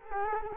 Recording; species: mosquito wingbeat signal from an infrared sensor; Culex quinquefasciatus